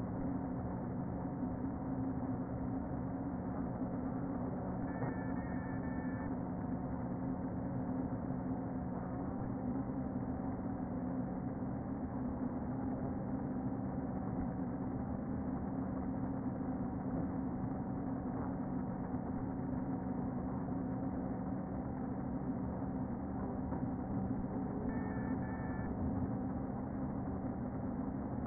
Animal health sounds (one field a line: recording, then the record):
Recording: honeybee colony, microphone inside the hive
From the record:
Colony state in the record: queen present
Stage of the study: before two queens were removed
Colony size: about 60,000 bees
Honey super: yes